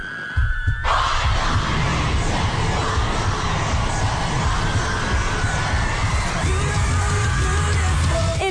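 A crowd of fans screaming: after a brief quiet start, a dense, high-pitched wall of shrieks and cheers erupts suddenly and stays loud and continuous to the end.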